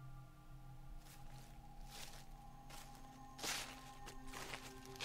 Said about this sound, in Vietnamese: Xong xuôi, hai lão mới lò dò tiến vào trong sân. Tiếng bước chân dẫm lên lá khô xào xạc.